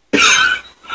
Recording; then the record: coughing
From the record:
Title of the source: 64 coughing, allergies, singing lungs